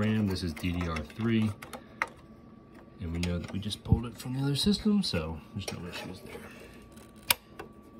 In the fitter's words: hear the click